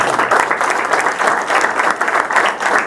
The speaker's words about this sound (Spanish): un aplauso grande para él.